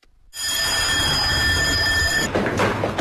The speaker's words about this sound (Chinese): 正在进行节日文体活动的武警黑龙江总队机动支队官兵听到了紧急集合的电铃声，千余名官兵迅速领取装具，快速登车到达现地后，他们随即开展搜索、围控、捕歼等科目，度过了一个别样的元旦跨年夜。